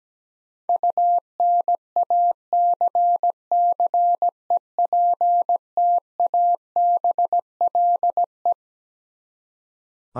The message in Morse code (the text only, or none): UNACCEPTABLE